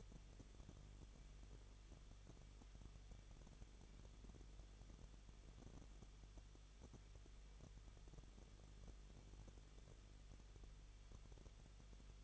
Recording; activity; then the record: daily activity, microphone in the room; no activity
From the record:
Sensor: 4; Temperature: 23.0 degrees Celsius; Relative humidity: 34.2%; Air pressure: 1007.3 hPa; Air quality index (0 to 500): 218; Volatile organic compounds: 16 ppm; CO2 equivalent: 2522 ppm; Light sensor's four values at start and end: 2/3/1/1 and 2/3/1/1